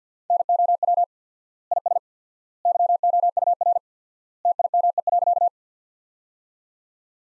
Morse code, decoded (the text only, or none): NOW IS YOUR TIME.